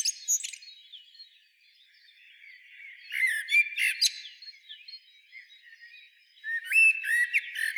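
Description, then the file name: Common blackbird song: three separate phrases mixing low whistled notes with high, thin twitters, separated by quiet gaps. "Turdus merula"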